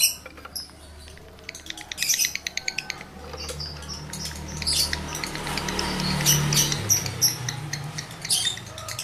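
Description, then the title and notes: Lovebird chatter: rapid ticking and squeaky twitters, loudest near the start and end, partly masked midway by a rushing noise and low hum. Male lovebird in breeding condition, singing; the recording is used to stimulate other lovebirds to sing continuously. "Birahi Lovebird Jantan ke Gacor. Pancingan Suara Lovebird jantan birahi"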